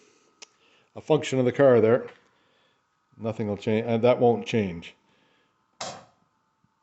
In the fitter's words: And the door seemed to close. It didn't latch all the way, but closed.